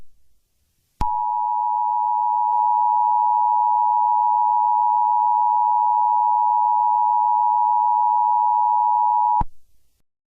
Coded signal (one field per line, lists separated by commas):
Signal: Emergency Alert System (SAME) tones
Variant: 853 and 960 Hz attention tone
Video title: Eas Scenario 019 - The HOTTEST Day in The History of the World